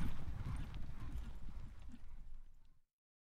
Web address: Hollywood Edge Historical Series War Horses Armies Weapons Horses Canter Up Stop